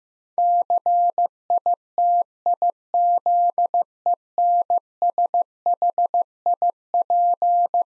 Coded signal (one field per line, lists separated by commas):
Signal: Morse code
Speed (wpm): 15 wpm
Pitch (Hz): 700 Hz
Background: none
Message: CITIZENSHIP